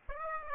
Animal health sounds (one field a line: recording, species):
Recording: mosquito wingbeat signal from an infrared sensor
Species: Aedes aegypti